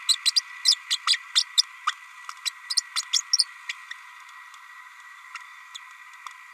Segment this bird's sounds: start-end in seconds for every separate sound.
0.09-0.15, 0.25-0.31, 0.36-0.41, 0.65-0.76, 0.90-0.97, 1.06-1.17, 1.35-1.44, 1.57-1.63, 2.45-2.50, 2.70-2.74, 2.77-2.81, 2.96-3.02, 3.13-3.22, 3.38-3.46, 3.69-3.72, 5.34-5.38, 5.74-5.77